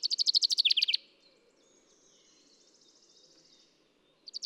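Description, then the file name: Common chaffinch song phrase: a rapid run of bright repeated notes for about a second, then near silence with faint hiss, and another phrase starting at the end. "Fringilla coelebs"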